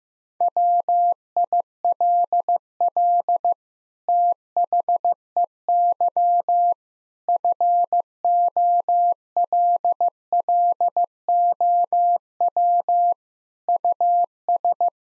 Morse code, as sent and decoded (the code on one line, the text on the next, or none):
.-- .. .-.. .-.. / - .... . -.-- / ..-. --- .-.. .-.. --- .-- / ..- ...
WILL THEY FOLLOW US